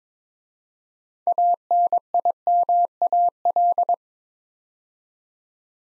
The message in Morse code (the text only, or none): ANIMAL